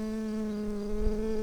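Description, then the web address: Tree bumblebee worker giving a steady, even flight buzz with a low drone and a strong harmonic, unbroken for the whole short stretch. "bumblebees Hypnorum-workers"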